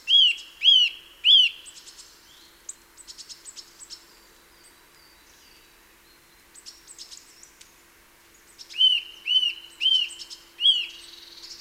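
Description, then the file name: Eurasian nuthatch giving loud, arched whistled calls, three quick notes at the start and four more near the end, with faint high chirping between. "Sitta europaea"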